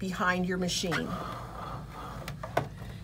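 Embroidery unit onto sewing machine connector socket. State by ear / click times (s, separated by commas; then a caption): seated / 2.6 s. Someone talks while the embroidery unit's arm is slid onto a Viking Brilliance 80 sewing machine so the connector at its back lines up with the socket behind the machine. A couple of faint taps come at 2.3 and 2.4 s, then a sharp snap at 2.6 s as the unit seats in place.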